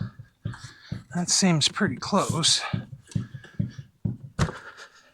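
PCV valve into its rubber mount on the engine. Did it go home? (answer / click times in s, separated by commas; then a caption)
yes / 4.4 s. A replacement PCV valve on a 2008 Volkswagen Eos 2.0T is pressed down into its rubber mounting with locating pegs on the engine while someone talks. A few soft knocks come before a sharp click at 4.4 s as the valve seats fully in the mount.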